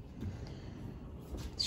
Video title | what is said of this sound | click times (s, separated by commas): EVOffer Tesla Y Auto Present Door Handles & Self Close Doors- Part 3 of 3 | you know interior opener which you should hear click | 1.6 s